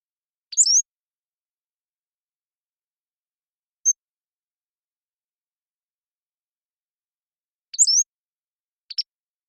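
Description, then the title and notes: Pacific-slope flycatcher giving a high slurred squeaky phrase twice, with a lone thin tick between and a short high note at the end, in silence. Long song sequence captured with a parabolic microphone, processed clean while keeping natural rhythm and pace. "Pacific-Slope Flycatcher, Empidonax difficilis A long song sequence captured with a parabolic"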